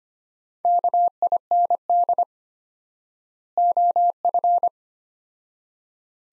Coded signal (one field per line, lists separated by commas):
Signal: Morse code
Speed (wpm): 25 wpm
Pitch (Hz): 700 Hz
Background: none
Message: KIND OF